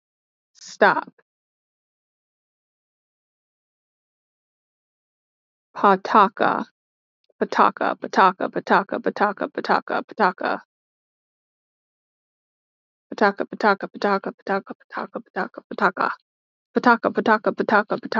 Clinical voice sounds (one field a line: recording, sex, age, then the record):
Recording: repeated syllables /pa ta ka/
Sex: female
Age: 30 to 39 years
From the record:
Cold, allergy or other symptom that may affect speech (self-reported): no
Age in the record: 39 years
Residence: Pennsylvania, United States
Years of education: 16